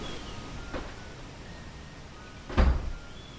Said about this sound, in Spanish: Y ahí se siente que se cierra una puerta.